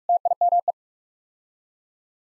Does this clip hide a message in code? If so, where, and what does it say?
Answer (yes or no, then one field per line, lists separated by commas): yes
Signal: Morse code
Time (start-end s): 0.1-0.7 s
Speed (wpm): 46 wpm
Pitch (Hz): 700 Hz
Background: none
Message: TIME